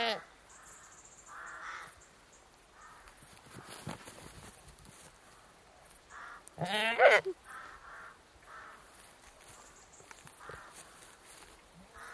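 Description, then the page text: Saanen goat letting out a single loud, shaky bleat midway, surrounded by scattered jackdaw calls and a faint insect hum. British Saanen goat outdoors, annoyed, moving around a field; some calls recorded close; jackdaws and crickets also audible; recorded in early evening. "BBC. British Saanen Goat, exterior, annoyed bleating, moving around a field (some close perspective calls), jackdaws & crickets heard (Recorded in early evening)"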